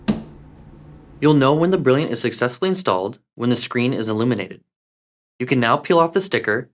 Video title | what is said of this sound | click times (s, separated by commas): How to install a Brilliant Control (Single Switch) | then firmly press down on the top of the faceplate until it clicks | 0.1 s